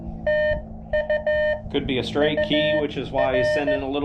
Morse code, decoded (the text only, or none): TU UR